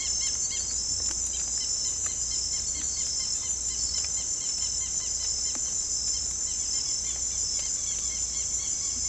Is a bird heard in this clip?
yes